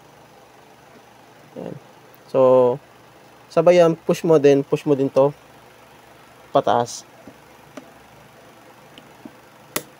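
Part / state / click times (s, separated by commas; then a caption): battery pack into handheld two-way radio body / seated / 9.8 s. Someone talks while a battery pack is placed on the back of a Baofeng handheld two-way radio and pushed upward, with a few faint handling taps along the way. A sharp click at 9.8 s marks the battery pack locking into the radio body, showing it has seated.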